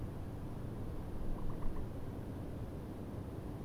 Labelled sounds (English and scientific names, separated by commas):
Common Moorhen (Gallinula chloropus)